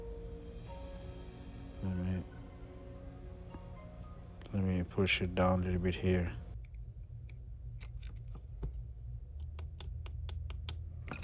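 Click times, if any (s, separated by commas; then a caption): 9.6 s, 9.8 s, 10.1 s, 10.3 s, 10.5 s, 10.7 s. Someone talks while pressing down along the edge of the plastic inner plate, the extra plate over the board, of a Samsung A13 5G smartphone during a power button replacement so its clips engage the frame. A quick series of sharp clicks sounds at 9.6, 9.8, 10.1, 10.3, 10.5 and 10.7 seconds as the clips snap into place and the plate is seated.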